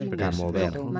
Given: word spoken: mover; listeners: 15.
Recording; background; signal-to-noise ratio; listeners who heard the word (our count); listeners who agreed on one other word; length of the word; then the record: one Spanish word in noise, from a listening test; four-talker babble; 0.2 dB; 2 of 15; 9 of 15; 0.60 s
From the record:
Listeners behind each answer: 9, 2, 1, 1, 1, 1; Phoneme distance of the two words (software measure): 14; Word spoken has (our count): 2 syllables, 5 phonemes, stress on syllable 2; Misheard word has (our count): 3 syllables, 7 phonemes, stress on syllable 3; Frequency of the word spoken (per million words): 16.05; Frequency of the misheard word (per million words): 5.59